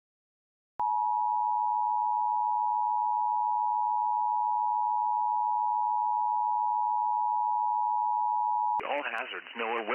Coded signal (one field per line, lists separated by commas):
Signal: Emergency Alert System (SAME) tones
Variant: 853 and 960 Hz attention tone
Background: speech